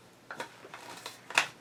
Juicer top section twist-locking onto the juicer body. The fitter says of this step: and then it locks down so I'm turning it to the my right and then it's basically solid and